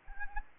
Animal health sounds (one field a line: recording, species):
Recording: mosquito wingbeat signal from an infrared sensor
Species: Anopheles arabiensis